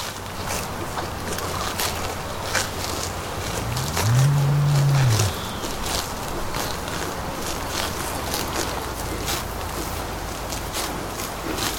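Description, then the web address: Cattle feeding: continuous crunching, rustling and tearing noises with irregular clicks, and a low, drawn-out moo partway through. Cows feeding. "Ian Hubball Cows Feeding"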